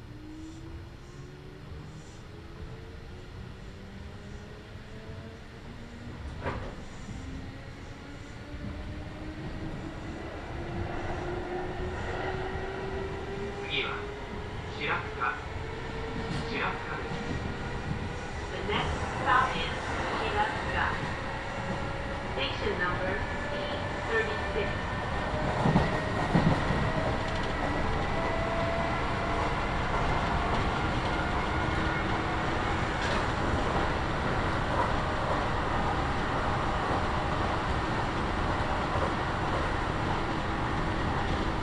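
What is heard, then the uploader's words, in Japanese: A Kintetsu Nagoya Line local train rolls from Shiroko toward Tsu-Shinmachi, its motor whine rising steadily in pitch as it accelerates over the first half. A low rumble builds underneath, with scattered clicks and knocks, then the sound levels into a steady, dense run. 近鉄名古屋線各駅停車 白子→津新町。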